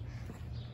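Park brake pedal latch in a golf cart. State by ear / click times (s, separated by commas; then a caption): not seated / none. The driver of a two-tone white-with-red-accent Club Car DS golf cart pushes down on the small park-brake section of the cart's metal brake pedal to latch the parking brake. Only a steady low rumble with faint irregular texture is heard, with no distinct hits. Nothing has seated or clicked yet.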